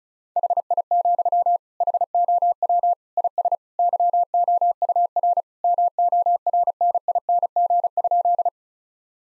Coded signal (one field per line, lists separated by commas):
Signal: Morse code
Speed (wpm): 34 wpm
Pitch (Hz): 700 Hz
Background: none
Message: HI, HOW IS YOUR MORNING?